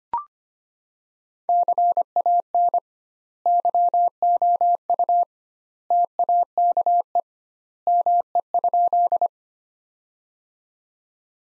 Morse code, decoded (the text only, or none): CAN YOU TAKE ME?